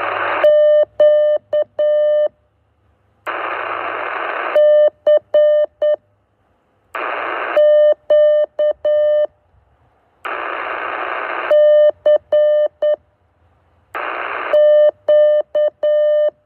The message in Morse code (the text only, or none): Q C Q C Q